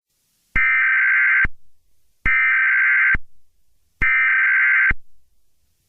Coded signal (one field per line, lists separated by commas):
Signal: Emergency Alert System (SAME) tones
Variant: header bursts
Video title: EAS Scenario | Looney Tunes Error (#99)